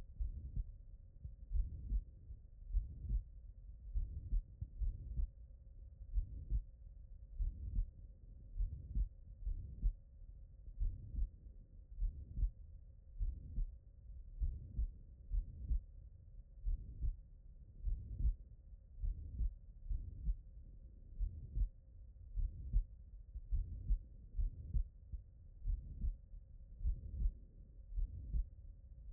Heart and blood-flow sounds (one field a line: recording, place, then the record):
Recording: heart sounds by stethoscope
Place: tricuspid valve (TV)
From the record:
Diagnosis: non-HFrEF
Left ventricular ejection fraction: 69%